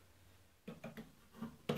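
A turntable counterweight is slid onto the rear end of the tone arm with its numbers facing the front. After a quiet start, a few soft scraping knocks come at about 0.7, 0.8 and 1.0 s, with a faint rub near 1.4 s. A sharp, louder click at 1.7 s marks the counterweight seating into place.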